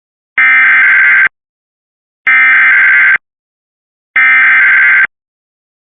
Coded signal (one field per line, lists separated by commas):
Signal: Emergency Alert System (SAME) tones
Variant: header bursts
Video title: Lake Effect Snow Warning(WSW) Extension EAS (Cox) 1/4/2025 (Credit WXRchive)